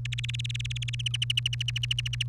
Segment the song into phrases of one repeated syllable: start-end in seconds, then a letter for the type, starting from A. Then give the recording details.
0.05-0.95 A, 0.99-2.23 B. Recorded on 1 May 2018 at 18:12. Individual llb3